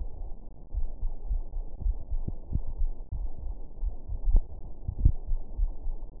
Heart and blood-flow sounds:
heart sounds
not marked
From the record:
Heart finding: coronary artery disease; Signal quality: poor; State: rest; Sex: female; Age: 65 years

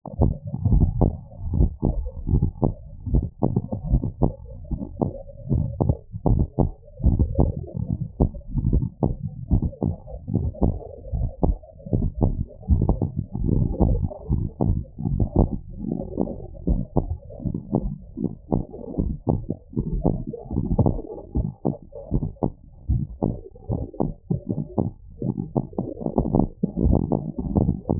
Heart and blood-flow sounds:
heart sounds
0.00	0.20	systole
0.20	0.32	S2
0.32	0.64	diastole
0.64	0.80	S1
0.80	0.98	systole
0.98	1.12	S2
1.12	1.52	diastole
1.52	1.70	S1
1.70	1.88	systole
1.88	1.96	S2
1.96	2.30	diastole
2.30	2.44	S1
2.44	2.64	systole
2.64	2.74	S2
2.74	3.10	diastole
3.10	3.24	S1
3.24	3.44	systole
3.44	3.54	S2
3.54	3.90	diastole
3.90	4.02	S1
4.02	4.22	systole
4.22	4.32	S2
4.32	4.70	diastole
4.70	4.80	S1
4.80	5.02	systole
5.02	5.12	S2
5.12	5.50	diastole
5.50	5.64	S1
5.64	5.82	systole
5.82	5.94	S2
5.94	6.30	diastole
6.30	6.46	S1
6.46	6.60	systole
6.60	6.70	S2
6.70	7.04	diastole
7.04	7.18	S1
7.18	7.38	systole
7.38	7.52	S2
7.52	7.90	diastole
7.90	8.02	S1
8.02	8.20	systole
8.20	8.32	S2
8.32	8.68	diastole
8.68	8.84	S1
8.84	9.04	systole
9.04	9.16	S2
9.16	9.52	diastole
9.52	9.64	S1
9.64	9.84	systole
9.84	9.96	S2
9.96	10.34	diastole
10.34	10.46	S1
10.46	10.64	systole
10.64	10.76	S2
10.76	11.14	diastole
11.14	11.26	S1
11.26	11.44	systole
11.44	11.56	S2
11.56	11.94	diastole
11.94	12.06	S1
12.06	12.22	systole
12.22	12.34	S2
12.34	12.70	diastole
12.70	12.86	S1
12.86	13.02	systole
13.02	13.12	S2
13.12	13.52	diastole
13.52	13.66	S1
13.66	13.82	systole
13.82	13.98	S2
13.98	14.30	diastole
14.30	14.46	S1
14.46	14.66	systole
14.66	14.78	S2
14.78	15.10	diastole
15.10	15.20	S1
15.20	15.38	systole
15.38	15.50	S2
15.50	15.88	diastole
15.88	16.00	S1
16.00	16.20	systole
16.20	16.30	S2
16.30	16.68	diastole
16.68	16.80	S1
16.80	16.98	systole
16.98	17.08	S2
17.08	17.44	diastole
17.44	17.54	S1
17.54	17.74	systole
17.74	17.86	S2
17.86	18.22	diastole
18.22	18.32	S1
18.32	18.52	systole
18.52	18.62	S2
18.62	19.00	diastole
19.00	19.12	S1
19.12	19.34	systole
19.34	19.42	S2
19.42	19.78	diastole
19.78	19.88	S1
19.88	20.06	systole
20.06	20.18	S2
20.18	20.54	diastole
20.54	20.64	S1
20.64	20.80	systole
20.80	20.94	S2
20.94	21.36	diastole
21.36	21.46	S1
21.46	21.66	systole
21.66	21.74	S2
21.74	22.14	diastole
22.14	22.24	S1
22.24	22.44	systole
22.44	22.52	S2
22.52	22.88	diastole
22.88	23.02	S1
23.02	23.24	systole
23.24	23.34	S2
23.34	23.72	diastole
23.72	23.86	S1
23.86	24.06	systole
24.06	24.16	S2
24.16	24.56	diastole
24.56	24.66	S1
24.66	24.84	systole
24.84	24.92	S2
24.92	25.24	diastole
25.24	25.34	S1
25.34	25.54	systole
25.54	25.64	S2
25.64	26.04	diastole
26.04	26.14	S1
26.14	26.34	systole
26.34	26.48	S2
26.48	26.84	diastole
26.84	26.98	S1
26.98	27.12	systole
27.12	27.20	S2
27.20	27.54	diastole
27.54	27.68	S1
27.68	27.90	systole
27.90	28.00	S2
From the record:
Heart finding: normal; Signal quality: good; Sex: female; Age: 67 years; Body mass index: 22.3

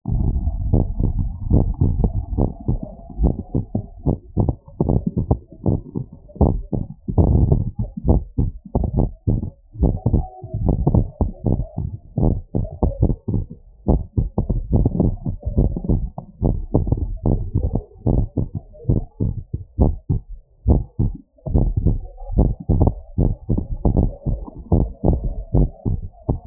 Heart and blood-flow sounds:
heart sounds
0.00	5.68	noise
5.68	5.78	S1
5.78	5.96	systole
5.96	6.04	S2
6.04	6.42	diastole
6.42	6.54	S1
6.54	6.74	systole
6.74	6.82	S2
6.82	7.20	diastole
7.20	7.38	S1
7.38	7.56	systole
7.56	7.66	S2
7.66	8.08	diastole
8.08	8.20	S1
8.20	8.40	systole
8.40	8.50	S2
8.50	8.96	diastole
8.96	9.08	S1
9.08	9.28	systole
9.28	9.38	S2
9.38	9.82	diastole
9.82	9.94	S1
9.94	10.12	systole
10.12	10.22	S2
10.22	10.64	diastole
10.64	10.78	S1
10.78	10.94	systole
10.94	11.06	S2
11.06	11.46	diastole
11.46	11.58	S1
11.58	11.78	systole
11.78	11.86	S2
11.86	12.22	diastole
12.22	12.36	S1
12.36	12.56	systole
12.56	12.66	S2
12.66	13.02	diastole
13.02	13.12	S1
13.12	13.34	systole
13.34	13.44	S2
13.44	13.88	diastole
13.88	14.00	S1
14.00	14.18	systole
14.18	14.28	S2
14.28	14.74	diastole
14.74	14.90	S1
14.90	15.06	systole
15.06	15.16	S2
15.16	15.58	diastole
15.58	15.70	S1
15.70	15.90	systole
15.90	16.02	S2
16.02	16.44	diastole
16.44	16.56	S1
16.56	16.76	systole
16.76	16.86	S2
16.86	17.32	diastole
17.32	17.42	S1
17.42	17.62	systole
17.62	17.72	S2
17.72	18.14	diastole
18.14	18.24	S1
18.24	18.42	systole
18.42	18.50	S2
18.50	18.90	diastole
18.90	19.02	S1
19.02	19.22	systole
19.22	19.34	S2
19.34	19.80	diastole
19.80	19.94	S1
19.94	20.16	systole
20.16	20.24	S2
20.24	20.68	diastole
20.68	20.82	S1
20.82	21.00	systole
21.00	21.10	S2
21.10	21.54	diastole
21.54	21.70	S1
21.70	21.86	systole
21.86	21.98	S2
21.98	22.36	diastole
22.36	22.52	S1
22.52	22.76	systole
22.76	22.88	S2
22.88	23.24	diastole
23.24	23.32	S1
23.32	23.50	systole
23.50	23.58	S2
23.58	23.98	diastole
23.98	24.10	S1
24.10	24.28	systole
24.28	24.36	S2
24.36	24.78	diastole
24.78	24.88	S1
24.88	25.08	systole
25.08	25.20	S2
25.20	25.56	diastole
25.56	25.70	S1
25.70	25.92	systole
25.92	26.02	S2
26.02	26.47	diastole
From the record:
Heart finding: abnormal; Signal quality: good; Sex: male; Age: 46 years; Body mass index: 24.5

